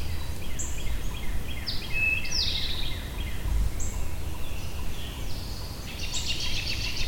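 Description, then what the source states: Birds calling together, a mix of short high chirps, sliding whistles and a thin steady note, over a constant low rumble. Birds recorded at Shawnee.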